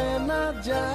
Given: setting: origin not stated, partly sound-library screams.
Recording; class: one-second piece from a danger detection set; normal situation